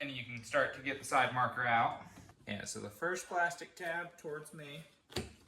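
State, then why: Released. Someone talks while pressing the first plastic retaining tab of a C6 Corvette side marker light toward themselves to free the housing from its opening in the car's fender. A sharp plastic click sounds at 5.2 seconds as the tab releases and the side marker housing comes free.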